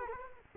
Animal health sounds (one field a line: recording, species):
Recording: mosquito wingbeat signal from an infrared sensor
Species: Culex quinquefasciatus